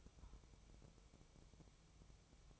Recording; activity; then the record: daily activity, microphone in the room; take from stove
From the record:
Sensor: 1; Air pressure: 999.4 hPa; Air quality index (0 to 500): 198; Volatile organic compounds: 40 ppm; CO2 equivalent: 3144 ppm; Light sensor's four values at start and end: 9/22/8/9 and 9/22/8/9